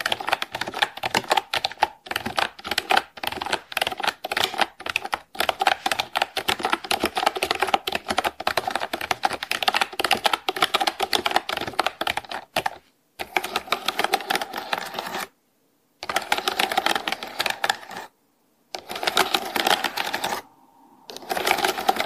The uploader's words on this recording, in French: ASMR - Je te relaxe avec mon téléphone, mon ordinateur et mon clavier mécanique !